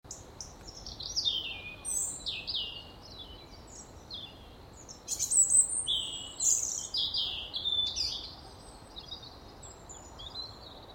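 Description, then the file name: European robin song with repeated high phrases of quick descending notes and thin whistles, a louder, busier burst midway, against light background hiss. "Erithacus rubecula"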